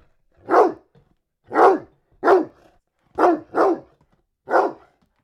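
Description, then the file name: Dog giving six loud, hoarse barks at irregular intervals, two of them in a quick double, with silence between. "Digiffects Sound Effects Library - Dog Barking Version 4"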